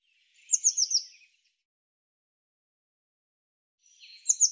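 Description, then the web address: Bird song: a phrase of four quick high descending notes, silence, then a second phrase beginning at the end. "Deverinetal Bird"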